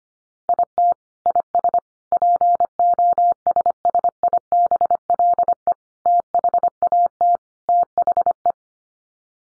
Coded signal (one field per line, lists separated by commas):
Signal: Morse code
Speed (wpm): 25 wpm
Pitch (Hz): 700 Hz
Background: none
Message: IT IS POSSIBLE THAT THE